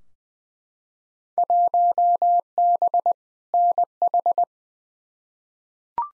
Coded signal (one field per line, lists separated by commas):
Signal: Morse code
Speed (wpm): 20 wpm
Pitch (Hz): 700 Hz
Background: none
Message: 1B NH